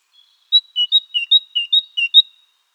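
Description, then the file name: Great tit song, a clear two-note whistled phrase, high then lower, repeated several times in quick rhythm against silence. "parus major"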